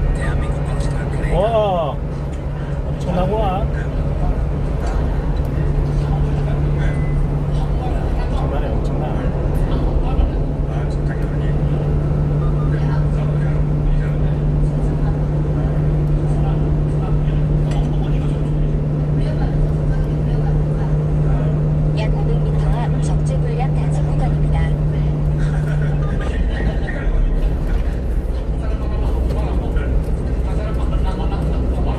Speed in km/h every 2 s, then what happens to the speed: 71, 71, 72, 73, 73, 74, 75, 76, 76, 76, 76, 76, 76, 76, 76, 77.
0-32 steady at about 76.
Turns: none.